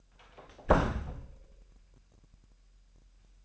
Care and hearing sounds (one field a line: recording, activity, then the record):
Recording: daily activity, microphone in the room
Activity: close door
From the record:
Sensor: 2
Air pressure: 998.3 hPa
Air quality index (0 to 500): 136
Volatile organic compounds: 4 ppm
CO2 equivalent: 1538 ppm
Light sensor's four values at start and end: 12/36/14/14 and 12/36/14/14